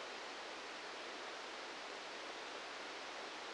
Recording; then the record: brain microelectrode recording played as sound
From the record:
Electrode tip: outside the subthalamic nucleus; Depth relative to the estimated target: -8 mm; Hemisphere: right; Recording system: NeuroSet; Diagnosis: Parkinson's disease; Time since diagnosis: 19 years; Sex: female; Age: 69 years